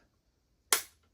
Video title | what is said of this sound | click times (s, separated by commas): Random November Haul featuring Groot 3 liter soda! | yeah that snaps right in there so now I've got a little Superman and uh | 0.7 s